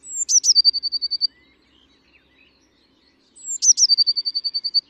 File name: Cyanistes caeruleus